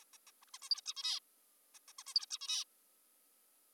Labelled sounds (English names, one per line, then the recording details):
Zebra Finch
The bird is an adult
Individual g19o3U